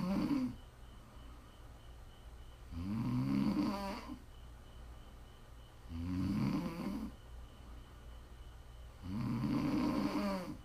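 An adult woman snoring in her sleep: three loud, low-pitched snores come roughly every three seconds, with quieter breathing between them.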